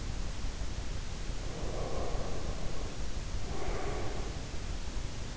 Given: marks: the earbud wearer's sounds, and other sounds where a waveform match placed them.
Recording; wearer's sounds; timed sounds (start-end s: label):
sounds in sleep by an in-ear microphone; breath
1.32-4.49 s: breath